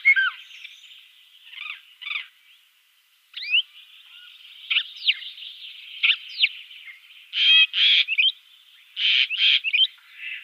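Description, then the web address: Common starling song as soft clicking and squeaky notes over a thin hiss, then loud grating rattle bursts near the end. "Schulze Peter European Starling song"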